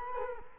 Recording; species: mosquito wingbeat signal from an infrared sensor; Culex quinquefasciatus